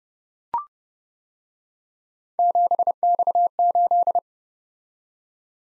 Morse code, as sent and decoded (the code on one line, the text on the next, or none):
--... -..- ---..
7X8